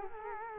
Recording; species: mosquito wingbeat signal from an infrared sensor; Culex quinquefasciatus